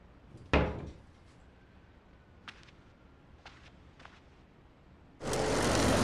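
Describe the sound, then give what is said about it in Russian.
A wardrobe door bumps open with a sharp wooden knock, followed by a few soft clicks and taps, then a loud steady rushing rustle at the end. “Подходит к шкафу.”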